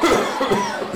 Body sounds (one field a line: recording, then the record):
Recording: coughing mixed with background sound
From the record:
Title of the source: Mid-morning Winter Coughing Fit